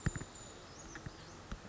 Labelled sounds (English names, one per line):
Brown Creeper